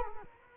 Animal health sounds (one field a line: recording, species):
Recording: mosquito wingbeat signal from an infrared sensor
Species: Culex quinquefasciatus